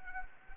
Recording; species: mosquito wingbeat signal from an infrared sensor; Anopheles arabiensis